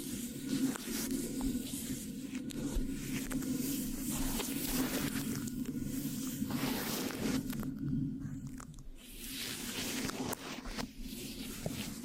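Mic scratching with a sticky, squishy texture runs steadily throughout, a dense low rumbling bed of rapid rubbing. Sharper crackles and ticks break through often, and around eight to nine seconds the brighter scraping thins out briefly before returning.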